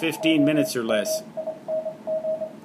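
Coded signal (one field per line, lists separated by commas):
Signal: Morse code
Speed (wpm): 25 wpm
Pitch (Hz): 630 Hz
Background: speech, radio noise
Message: OMING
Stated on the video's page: Band watch with activity on 18 MHz.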